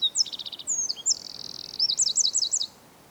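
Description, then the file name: Eurasian wren singing a brisk, high-pitched burst of sharp whistled notes, a short rattle and quick trills, ending after about two and a half seconds. "Troglodytes troglodytes"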